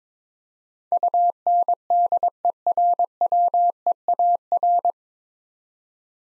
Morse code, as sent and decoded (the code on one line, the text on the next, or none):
..- -. -.. . .-. .-- . .- .-.
UNDERWEAR